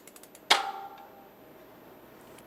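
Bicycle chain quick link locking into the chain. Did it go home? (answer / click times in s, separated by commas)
yes / 0.5 s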